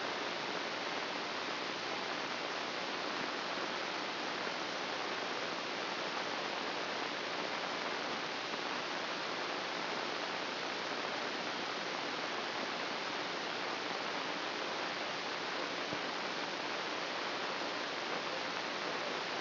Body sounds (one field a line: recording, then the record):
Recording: brain microelectrode recording played as sound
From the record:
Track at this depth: inside the subthalamic nucleus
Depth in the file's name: 1.33 mm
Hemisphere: right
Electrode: 2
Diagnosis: Parkinson's disease